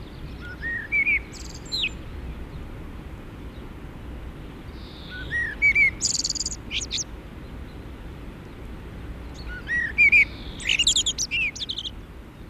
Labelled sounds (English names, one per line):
Common Blackbird song